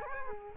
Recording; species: mosquito wingbeat signal from an infrared sensor; Culex quinquefasciatus